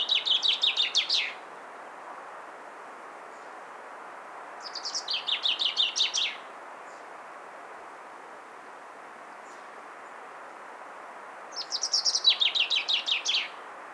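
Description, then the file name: Common chaffinch singing three loud, fast descending trill phrases a few seconds apart, with faint soft notes between phrases and a constant low hiss. "Fringilla coelebs"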